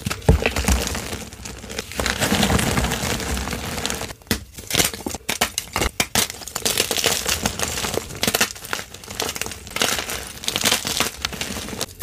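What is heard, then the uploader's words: Gym chalk being crushed and squeezed, dense crinkly crunching with bursts and brief pauses, dropping nearly silent around four seconds before resuming. Random Gym Chalk Crushes.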